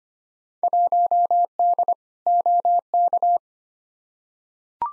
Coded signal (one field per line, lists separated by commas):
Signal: Morse code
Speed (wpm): 25 wpm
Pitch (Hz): 700 Hz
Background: none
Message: 1D OK